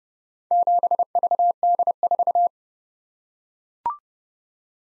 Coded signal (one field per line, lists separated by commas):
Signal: Morse code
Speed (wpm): 28 wpm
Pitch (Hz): 700 Hz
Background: none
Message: 7VD4